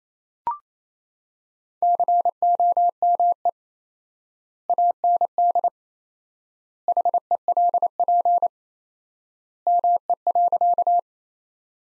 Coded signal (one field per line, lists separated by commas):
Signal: Morse code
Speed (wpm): 27 wpm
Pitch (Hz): 700 Hz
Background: none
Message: COME AND HELP ME.